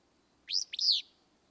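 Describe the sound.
Willow flycatcher giving one loud, burry, sneezy song phrase of two rising-then-falling notes, over a quiet background.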